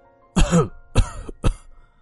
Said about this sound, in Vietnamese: Ông Cát nói với cháu, bị cơn thèm ho, ho lên vài tiếng.